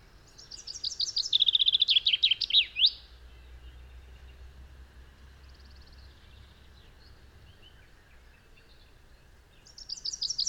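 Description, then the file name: Common chaffinch song: a bright, quickening trill of short chirps tumbling downward into a brief flourish, lasting about three seconds, with a second phrase beginning at the end. "Fringilla coelebs"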